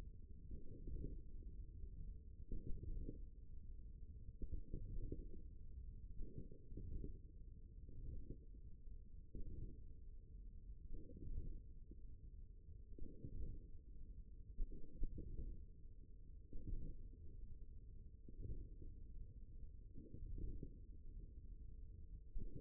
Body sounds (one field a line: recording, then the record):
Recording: forearm muscle sounds (acoustic myography)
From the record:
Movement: hook grip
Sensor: system 1, eight BSWA MPA416 microphones around the upper forearm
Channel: 3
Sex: male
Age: 54 years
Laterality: right